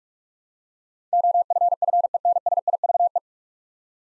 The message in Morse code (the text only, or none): OFFENSIVE